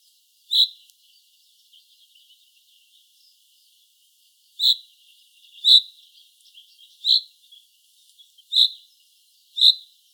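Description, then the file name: Common chaffinch calls: several short, sharp, bright notes spaced irregularly, with a faint high hiss between them. "Fringilla coelebs"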